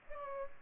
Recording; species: mosquito wingbeat signal from an infrared sensor; Culex pipiens